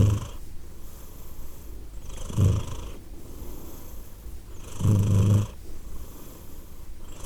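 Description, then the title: Purring cat, a soft low drone punctuated by stronger rumbling breaths about every two and a half seconds. Cat named Edith, purring; Glasgow, Scotland; December 2023. "Edith purring, Glasgow, Scotland in December 2023 – by Steve Urquhart"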